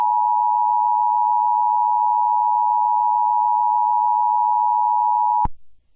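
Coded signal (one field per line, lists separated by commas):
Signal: Emergency Alert System (SAME) tones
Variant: 853 and 960 Hz attention tone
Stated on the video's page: Fictional EAS scenario.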